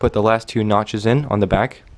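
During reassembly of an L85A2 airsoft rifle, the last two notches of the blowback piece are being fitted in at the back of the receiver/gearbox, kept in place because the rifle is downgraded and it will wear the gearbox less. Only someone talking is heard over the clip, with no distinct hits. The piece has not been pushed down yet and nothing has seated or clicked into place.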